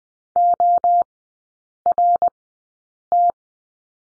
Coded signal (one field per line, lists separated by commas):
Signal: Morse code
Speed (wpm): 20 wpm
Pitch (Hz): 700 Hz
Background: none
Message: ORT